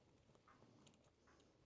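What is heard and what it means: A new coin-cell battery is tucked under one side of the metal retaining clip in a quartz watch movement. Faint small taps and scraping over a steady low background as it is handled. Nothing has seated or clicked yet.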